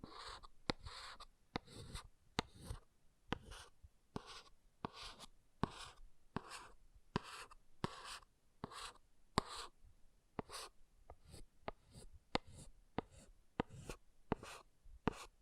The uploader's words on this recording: ASMR Brain Melting Object Scratching (No Talking).